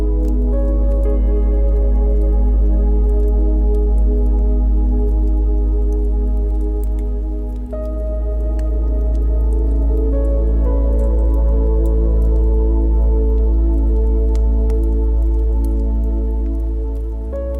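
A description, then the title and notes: Soft, sustained music with deep, heavy bass and layered held chords plays at a steady, loud level, shifting to a new chord about halfway through after a brief dip. Small scattered crackles and pops from the fire sound lightly throughout. Music with Crackling Fire Sounds. A perfect blend of soothing melodies and the comforting sound of a crackling fire.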